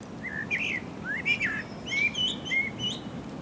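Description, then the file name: Common blackbird giving a flowing phrase of fluted, wavering whistles that rise and fall, with faint high squeaky notes mixed in. "Turdus merula"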